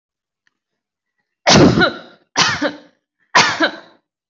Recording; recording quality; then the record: heavy voluntary cough; excellent, no background noise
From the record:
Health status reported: respiratory illness, not identified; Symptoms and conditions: asthma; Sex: female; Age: 22 years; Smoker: not ticked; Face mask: not worn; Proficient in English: yes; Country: India